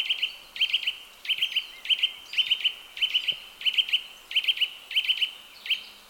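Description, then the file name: Eurasian nuthatch giving rapid clusters of sharp, high, clipped notes, usually two or three per burst, repeated at a brisk steady pace. "Sitta europaea"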